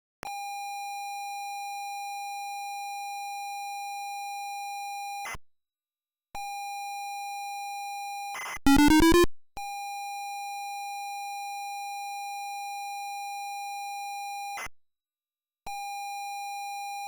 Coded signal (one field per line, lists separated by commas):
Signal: ZX Spectrum tape loading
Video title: My Top 10 ZX Spectrum Loading Screens